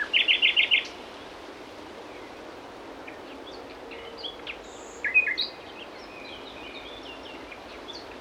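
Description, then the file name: Common nightingale song: a quick burst of loud repeated notes in the first second, then scattered fainter chirps and short whistles, with a brief louder group of notes midway. "Luscinia megarhynchos"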